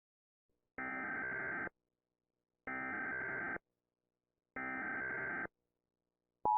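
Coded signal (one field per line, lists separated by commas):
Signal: Emergency Alert System (SAME) tones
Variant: header bursts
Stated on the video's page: Fictional creepypasta recreation of an EAS alarm broadcast.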